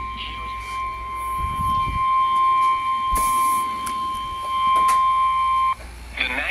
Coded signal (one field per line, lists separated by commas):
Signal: Emergency Alert System (SAME) tones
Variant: 1050 Hz attention tone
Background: speech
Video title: OVER 300 ALERTS NOW! - EAS Alerts from 7/27/2023 EAS (#294-#306)